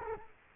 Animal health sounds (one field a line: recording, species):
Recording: mosquito wingbeat signal from an infrared sensor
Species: Culex quinquefasciatus